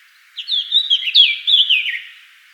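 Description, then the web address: Eurasian blackcap singing one phrase of quick, varied warbled notes that brighten into loud, fluting whistles, then fade at the end. "SETE data Sylvia atricapilla"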